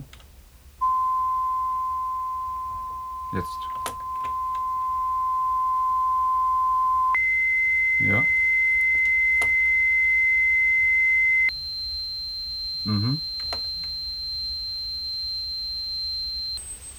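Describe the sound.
Hearing-test tones from an audiometry test that begins on the right ear: three steady, pure sine tones held for several seconds each, stepping upward in pitch, with a couple of brief spoken words and faint clicks over them.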